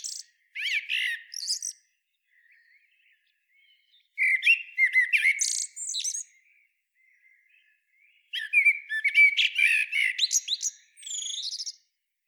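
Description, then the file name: Common blackbird singing three phrases spaced a few seconds apart, mellow whistled notes running into rapid, scratchy high twitters, with quiet gaps between phrases. "Turdus merula"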